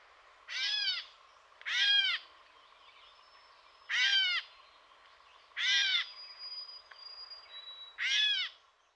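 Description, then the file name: Gray catbird giving harmonic, down-slurred mewing notes, five in a row spaced about one to two and a half seconds apart, with faint thin whistles between them. "dan gibsons solitudes catbird"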